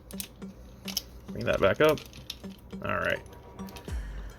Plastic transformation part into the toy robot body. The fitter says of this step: it goes there it clicks into place